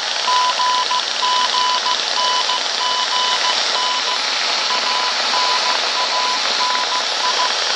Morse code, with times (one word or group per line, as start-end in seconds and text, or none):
0.3-4.2 GGNGN
4.7-7.5 ANANI